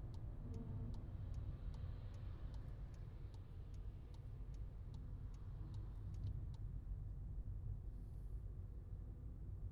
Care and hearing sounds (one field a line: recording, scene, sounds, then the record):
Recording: everyday scene through a hearing-aid microphone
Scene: in a vehicle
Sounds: engine, highway driving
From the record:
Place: Skoda Fabia, gasoline engine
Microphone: in the ear canal, left